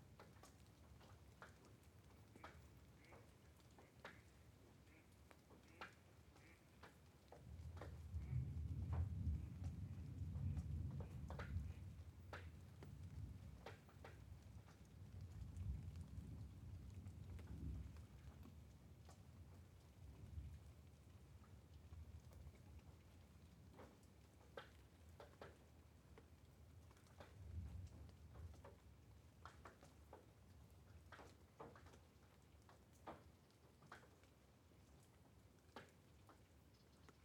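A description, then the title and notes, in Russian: A night thunderstorm with steady rain pattering throughout and sharp drops ticking at irregular moments. Deep rolling thunder swells around eight seconds, rumbles on until about eighteen, then returns briefly near twenty-seven before the rain carries on alone. Эпическая ночная гроза.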